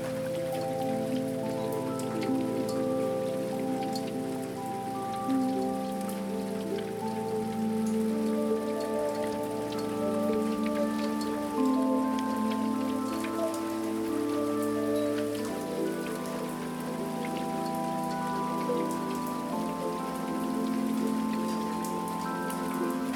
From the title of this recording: Raindrops on the Roof